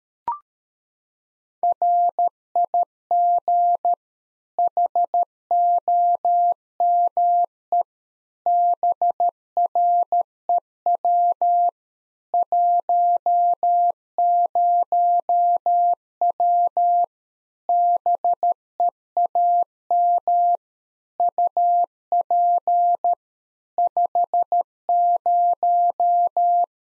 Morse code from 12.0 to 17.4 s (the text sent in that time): 10W